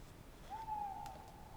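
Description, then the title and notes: Tawny owl with a single drawn-out hoot that rises slightly, then holds level, against faint low background noise. Owl on the banks of the Dordogne, Alles-sur-Dordogne near Limeuil, France; wooded setting, clear starry night after a festival; 96kHz/24-bit, Sonosax SX-R4+, DPA 4022 in Cinela Albert, ORTF tracks. "314 Rte des Galets, 24005 Alles-sur-Dordogne, France - Chouette de Limeuil. Magnifique chouette hulotte en bord de Dordogne dans l'acoustique boisé de cette belle nuit étoilée!"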